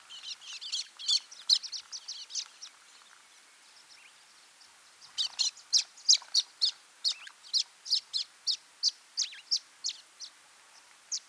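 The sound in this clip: Scaly-feathered weaver calls: quick runs of high, sharp chirps, a pause, then a steady series of similar notes about three per second.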